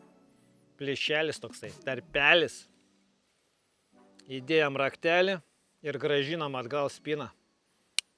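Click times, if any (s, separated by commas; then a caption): 8.0 s. Someone talks while reassembling the bolt of a Tikka T3x Ace Target rifle, inserting the key and putting the lock piece back into the bolt body. After a pause, a single sharp click sounds at 8.0 s as the lock piece clicks into place in the bolt body.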